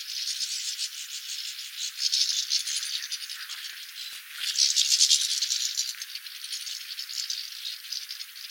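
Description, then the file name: European goldfinch gives a fast, dry, rattling twitter, with a louder burst of chatter about halfway through, then somewhat quieter. "Carduelis carduelis"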